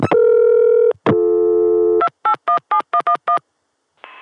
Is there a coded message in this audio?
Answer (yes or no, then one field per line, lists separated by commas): yes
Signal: DTMF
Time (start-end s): 2.0-3.4 s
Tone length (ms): 90 ms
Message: 2817111